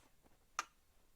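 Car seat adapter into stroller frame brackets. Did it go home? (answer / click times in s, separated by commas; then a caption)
yes / 0.6 s. A car seat adapter bar for Graco or Chicco car seats is pushed down into the plastic seat brackets on a Joovy Qool stroller frame, with the seat removed. After faint low ticks, a single sharp, bright click sounds at 0.6 s as the adapter seats in the brackets.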